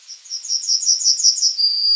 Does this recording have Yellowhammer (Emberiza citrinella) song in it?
yes